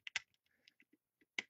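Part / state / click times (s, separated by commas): plastic hip section of a transforming action figure locking into the torso / seated / 1.4 s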